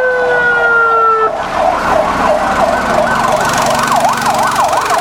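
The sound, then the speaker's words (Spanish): An ambulance siren wails loudly in El Alto as the ambulance leaves with evacuated people during a fire, starting with a steady two-tone blare, then switching to a rapid, rising-and-falling yelp that repeats over a constant rumble of traffic. “Sale la ambulancia con las personas que han sido evacuadas.”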